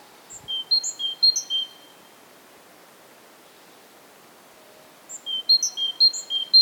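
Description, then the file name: Great tit producing two bursts of high, chipping notes that alternate in pitch, separated by a pause of several seconds, over light background noise. "Parus major"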